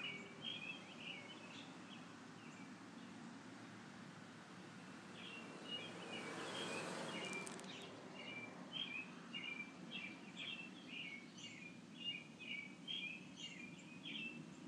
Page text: A very happy Robin on March 31, 2012. by Shannon Dunlop